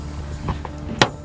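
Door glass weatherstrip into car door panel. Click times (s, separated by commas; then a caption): 1.0 s. On a 2007 Toyota Yaris, the car door glass weatherstrip (window seal) is pressed down onto the door panel until its plastic clip snaps into place. Two faint ticks come at about 0.5 and 0.65 seconds, then one sharp, loud snap at 1.0 seconds as the clip seats.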